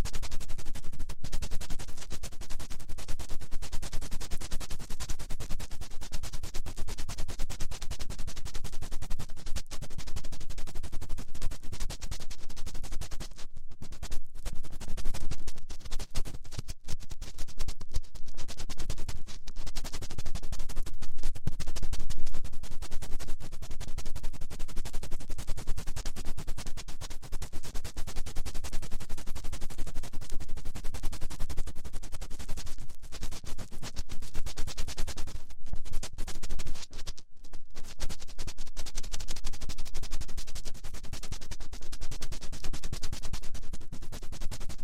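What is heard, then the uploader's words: Fast finger rubbing and scratching against a microphone makes a dense, continuous crackle that fills everything from deep rumbles to bright hiss. The texture stays busy and fairly even throughout, broken by a few brief near-silent gaps around fourteen, seventeen and thirty-seven seconds. ASMR Fast Finger Ear Cleaning for Sleep (No Talking).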